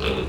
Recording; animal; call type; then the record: contact call of a hoofed animal; pig; closed-mouth grunt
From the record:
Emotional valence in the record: positive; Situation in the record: food and toys in familiar pen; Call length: 0.29 s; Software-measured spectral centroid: 2180 Hz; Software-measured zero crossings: 1940 a second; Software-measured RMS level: -24 dBFS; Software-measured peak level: -11 dBFS